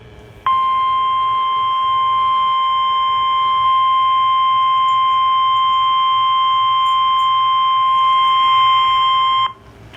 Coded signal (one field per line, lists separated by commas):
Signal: Emergency Alert System (SAME) tones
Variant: 1050 Hz attention tone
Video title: EAS ALERTS From 6/14/21 (EAS 59-65)